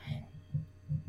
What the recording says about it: That's my dog that's snoring, by the way that's my little dog he's dreaming away.